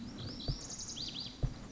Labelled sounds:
Lazuli Bunting
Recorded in Sonoma County, California

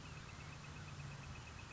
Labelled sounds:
Northern Flicker
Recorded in Sonoma County, California

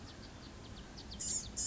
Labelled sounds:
Blue-gray Gnatcatcher
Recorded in Sonoma County, California

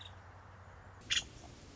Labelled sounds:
Nuttall's Woodpecker
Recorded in Sonoma County, California

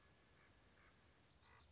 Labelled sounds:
Common Raven
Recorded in Sonoma County, California

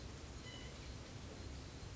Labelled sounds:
White-breasted Nuthatch
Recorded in Sonoma County, California

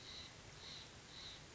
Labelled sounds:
Steller's Jay
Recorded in Sonoma County, California

